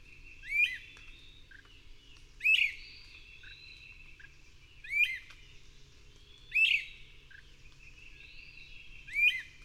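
Bird song made of sharp rising chirps repeated at irregular intervals, five in all, with soft low notes and faint whistles filling the pauses.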